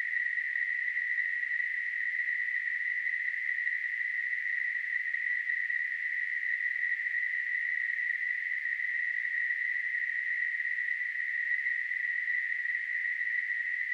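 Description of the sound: A steady, unbroken band of hissing noise centred near 2 kHz runs unchanged for the full 14 seconds, with no pulses or gaps. It is a simulated tinnitus sound, imitating the constant ringing or hissing some people hear in their ears.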